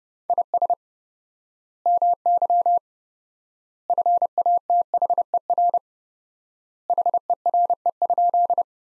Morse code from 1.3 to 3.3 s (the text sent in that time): MY